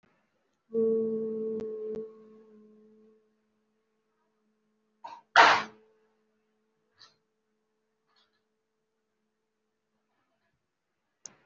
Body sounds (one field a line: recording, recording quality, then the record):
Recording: sustained vowel as in boot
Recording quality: poor, much background noise or distortion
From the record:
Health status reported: recovered from COVID-19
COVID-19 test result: positive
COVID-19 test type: RT-PCR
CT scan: taken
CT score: 0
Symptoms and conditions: breathing difficulty, asthma, another respiratory illness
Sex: female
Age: 65 years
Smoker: no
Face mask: worn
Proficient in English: no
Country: India